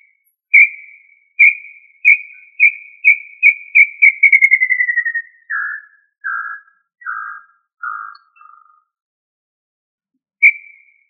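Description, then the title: Tinamou whistled call: clear notes repeating faster and faster, sliding downward into lower, hoarser notes, then one last whistle after a pause; background silent. "Familia Tinamidae"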